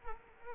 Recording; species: mosquito wingbeat signal from an infrared sensor; Culex quinquefasciatus